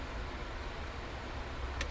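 A plastic Tamiya individual track link for a Panther D model is flipped around and pressed into the adjoining link over a steady background hiss and low hum. A short, sharp tick at 1.8 seconds marks the links snapping together and seating properly.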